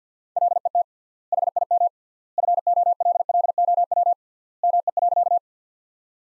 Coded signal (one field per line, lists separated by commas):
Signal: Morse code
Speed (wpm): 50 wpm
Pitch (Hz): 700 Hz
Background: none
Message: LET HIM FOLLOW ME.